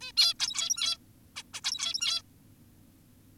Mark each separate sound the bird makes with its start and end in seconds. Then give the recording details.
0.01-0.12, 0.17-0.34, 0.40-0.97, 1.36-1.43, 1.54-1.61, 1.64-2.22. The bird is an adult. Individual g17y2U